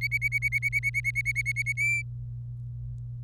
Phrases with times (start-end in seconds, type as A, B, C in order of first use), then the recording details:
0.01-1.72 A, 1.77-2.02 B. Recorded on 25 April 2018 at 17:28. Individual llb3